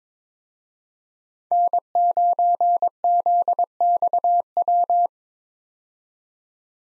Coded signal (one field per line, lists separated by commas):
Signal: Morse code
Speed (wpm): 22 wpm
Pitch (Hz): 700 Hz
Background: none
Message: N9ZXW